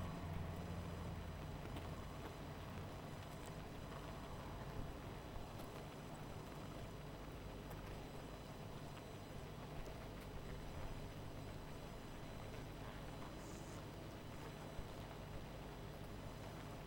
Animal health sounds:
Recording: honeybee colony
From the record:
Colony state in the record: missing queen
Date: 14 July 2017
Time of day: 19:22

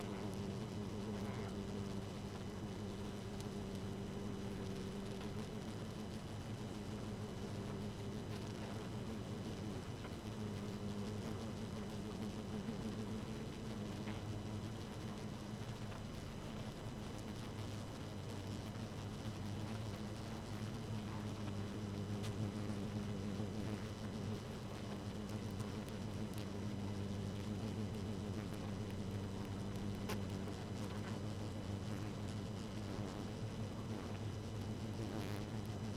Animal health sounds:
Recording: honeybee colony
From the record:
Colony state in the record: active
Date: 12 June 2018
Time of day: 0:10

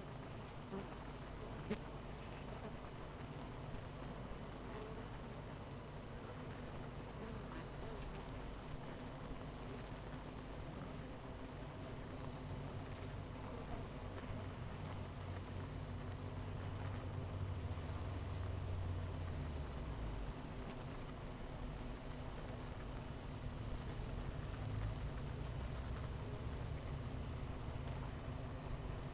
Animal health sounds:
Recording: honeybee colony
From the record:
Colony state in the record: missing queen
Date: 14 July 2017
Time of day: 9:08

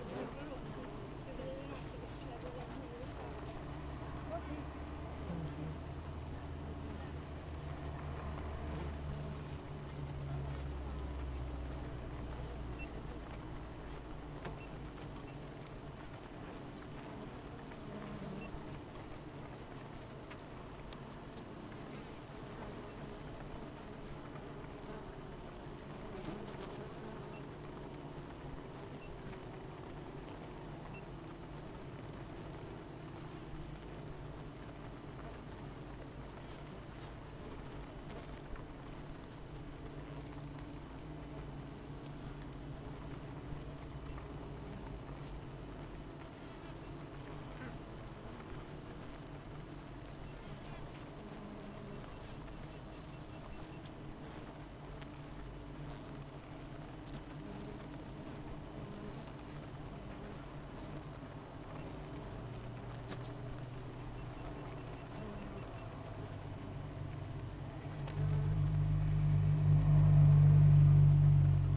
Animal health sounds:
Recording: honeybee colony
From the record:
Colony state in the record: missing queen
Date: 14 July 2017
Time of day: 7:31

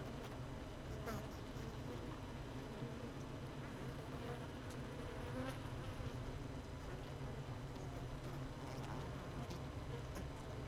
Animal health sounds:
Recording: honeybee colony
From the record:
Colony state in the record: missing queen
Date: 31 May 2018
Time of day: 16:56

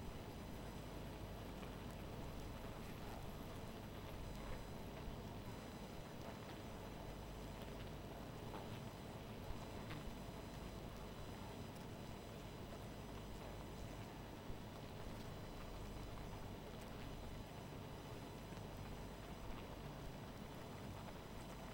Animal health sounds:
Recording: honeybee colony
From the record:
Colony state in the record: missing queen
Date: 14 July 2017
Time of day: 0:45

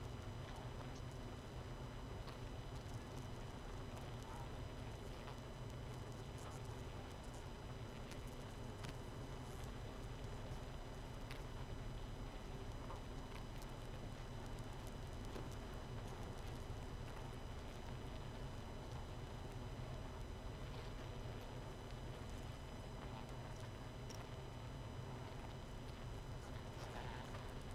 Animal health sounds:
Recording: honeybee colony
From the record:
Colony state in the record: missing queen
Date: 31 May 2018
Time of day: 21:50

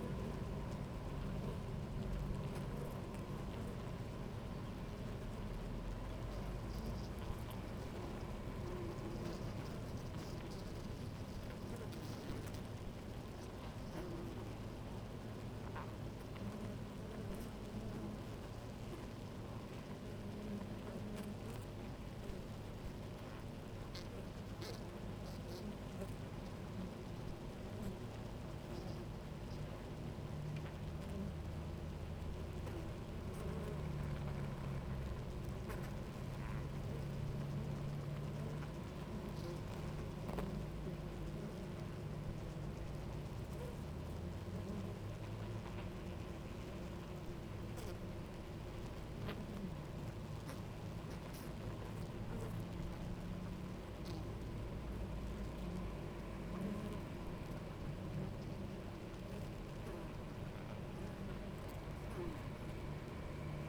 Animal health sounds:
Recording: honeybee colony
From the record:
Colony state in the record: active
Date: 28 July 2017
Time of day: 10:43

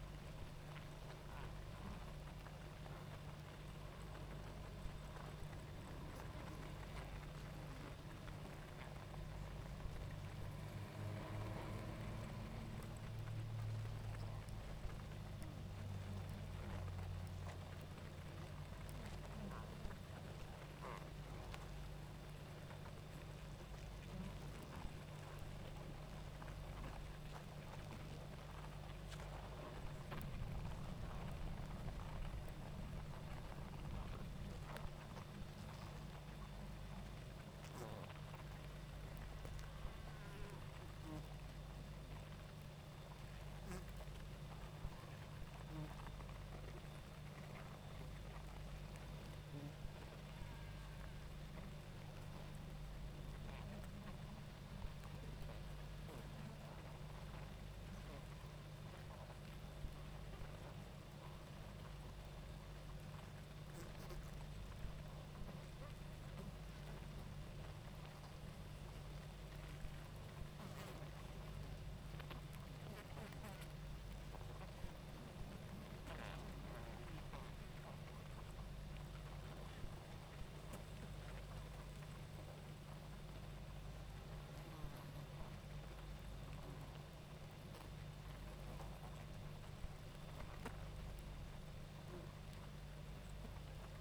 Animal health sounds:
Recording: honeybee colony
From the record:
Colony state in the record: active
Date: 28 July 2017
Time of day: 19:22

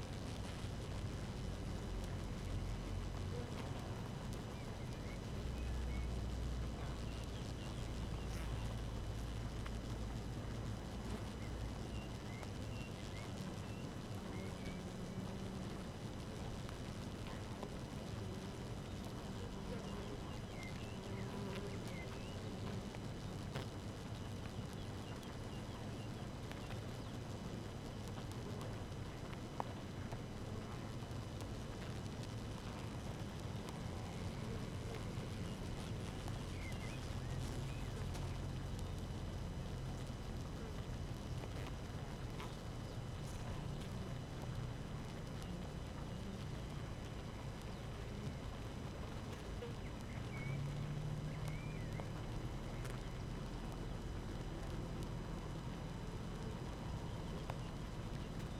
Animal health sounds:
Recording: honeybee colony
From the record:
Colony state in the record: active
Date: 12 June 2018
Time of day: 5:30

